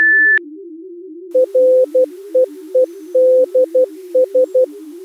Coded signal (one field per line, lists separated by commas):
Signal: Morse code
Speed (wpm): 18 wpm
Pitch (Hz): 510 Hz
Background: music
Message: REEDS